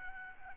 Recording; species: mosquito wingbeat signal from an infrared sensor; Aedes albopictus